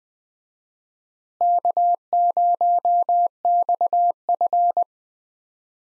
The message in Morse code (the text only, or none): K0XF